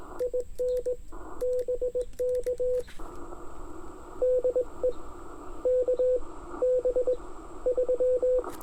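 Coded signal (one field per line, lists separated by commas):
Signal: Morse code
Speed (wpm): 18 wpm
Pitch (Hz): 500 Hz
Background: radio noise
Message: IN BK DE KB3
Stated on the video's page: 18 WPM CW park activation using an IC-705 with Ashi paddle, homebrew 49:1 inverted-L on a 31 ft pole, battery powered.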